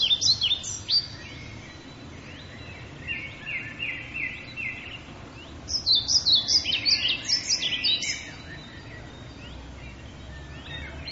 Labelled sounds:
European Pied Flycatcher song
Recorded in the wild
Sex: male
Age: adult
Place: Waldsieversdorf, Märkische Schweiz, Brandenburg, DE
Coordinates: 52.5397, 14.0758
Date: 1993-05-02 14:00
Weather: fair, 25°C
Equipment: Aiwa HD-S1, Sennheiser MKH 70
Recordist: Frommolt, Karl-Heinz

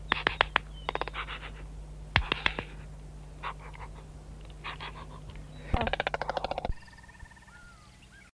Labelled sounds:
Jabiru call
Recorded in captivity
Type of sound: call
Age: adult
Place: Affen- und Vogelpark Eckenhagen, Niedersachsen, DE
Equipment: Halbspur, 9,5 cm/s
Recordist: Lütgens, Hans
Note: "Heinrich". Mit Tierpfleger

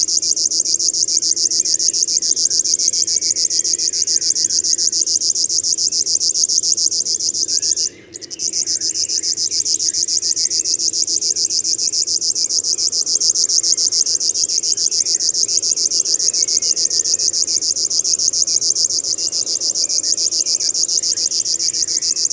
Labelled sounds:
River Warbler song
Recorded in the wild
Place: Groß Nemerow, Mecklenburg-Vorpommern, DE
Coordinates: 53.453, 13.186
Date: 1982-05-24
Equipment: Nagra III BH, Sennheiser MD 21, parabola
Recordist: Schubert, Michael
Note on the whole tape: Gesang Schlagschwirl

